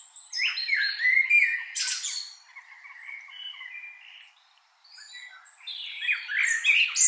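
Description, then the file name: Common blackbird calls: loud chattering notes and a sharp squawk-like burst, then softer twittering, with the calls louder and busier again at the end. "Turdus merula"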